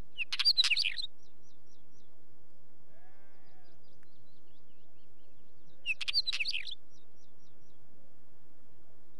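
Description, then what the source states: Wheatear song, two brief scratchy, crackling bursts several seconds apart, with a faint sheep bleat between them. Recorded with sheep in the background.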